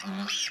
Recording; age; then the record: pig call; piglet (1 to 25 days)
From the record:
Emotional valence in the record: negative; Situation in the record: short isolation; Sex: male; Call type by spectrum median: high-frequency call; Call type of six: mixed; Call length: 0.51 s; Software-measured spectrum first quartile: 784 Hz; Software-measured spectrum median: 2687 Hz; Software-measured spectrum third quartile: 4217 Hz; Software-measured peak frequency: 3235 Hz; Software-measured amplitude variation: 96 dB a second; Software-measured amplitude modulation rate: 15.8 a second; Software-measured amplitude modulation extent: 6.1 dB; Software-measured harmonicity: 6.2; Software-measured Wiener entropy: -2.18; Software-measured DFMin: 484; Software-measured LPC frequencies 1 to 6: 1333, 1859, 2758, 3229, 5095, 5697 Hz